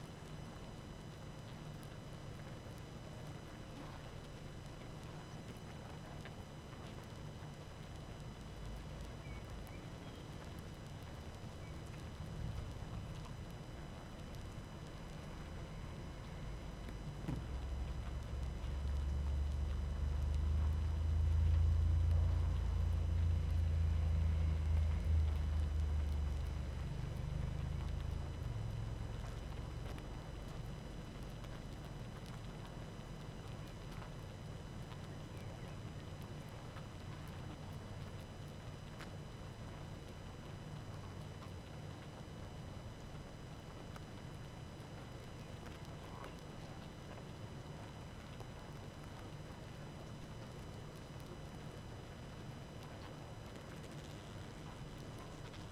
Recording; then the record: honeybee colony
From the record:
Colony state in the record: active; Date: 12 June 2018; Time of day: 19:10